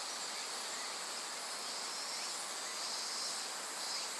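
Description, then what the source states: Insects: a steady, shrill trilling chorus, unbroken throughout. Various insects calling in a dense forest beside the Azusa River, Shinano River system, Shinshu.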